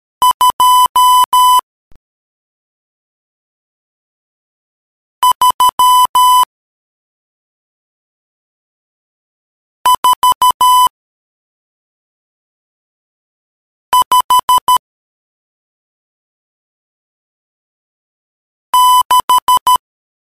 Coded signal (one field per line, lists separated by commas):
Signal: Morse code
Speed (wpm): 13 wpm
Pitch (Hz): 1000 Hz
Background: music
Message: 2 3 4 5 6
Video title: MORSE CODE TUTOR G8OTA